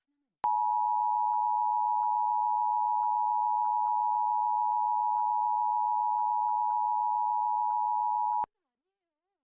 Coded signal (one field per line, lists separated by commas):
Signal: Emergency Alert System (SAME) tones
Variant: 853 and 960 Hz attention tone